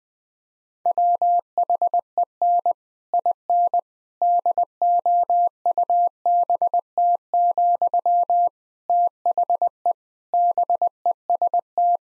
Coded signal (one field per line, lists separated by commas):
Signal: Morse code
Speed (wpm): 20 wpm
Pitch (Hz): 700 Hz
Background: none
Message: WHEN IN DOUBT, THE BEST